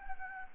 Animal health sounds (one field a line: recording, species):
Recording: mosquito wingbeat signal from an infrared sensor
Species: Anopheles gambiae